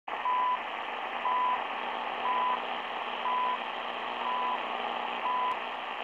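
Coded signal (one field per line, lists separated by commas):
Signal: radio time signal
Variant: CHU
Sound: six short 1 kHz beeps, one each second, over steady radio hiss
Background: radio static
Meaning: Each tone marks the start of a second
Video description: Radio Station CHU. National Research Council of Canada. Radio estación de Señal Horaria.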